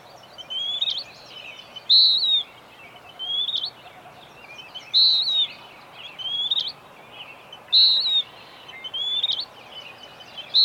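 Bird song: a regular cycle of high whistles, a loud falling note every three seconds with quieter rising whistles between, over low hiss.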